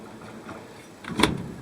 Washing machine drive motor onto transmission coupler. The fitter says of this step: turn the motor a little bit to get it in place and wiggle it and there we go just locked into place